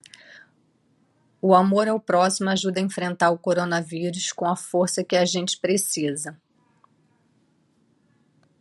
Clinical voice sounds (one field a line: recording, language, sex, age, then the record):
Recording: spoken sentence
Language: Brazilian Portuguese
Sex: female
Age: 50 to 59 years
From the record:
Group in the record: control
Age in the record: 54 years